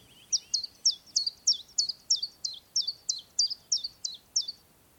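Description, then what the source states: Common chiffchaff song: a long run of thin, high, sharply falling notes, repeated steadily. Played back reference recording; notes described as drawn-out 'bip bip', 'fip fip'.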